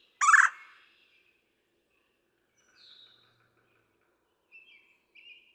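Red-bellied woodpecker giving one loud, harsh, rolling call near the start, then a few faint, short, high notes later.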